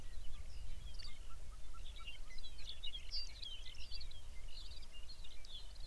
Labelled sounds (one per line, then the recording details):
songbird
waterfowl
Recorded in the Arctic National Wildlife Refuge, Alaska, on 23 May 2019 at 05:03
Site 49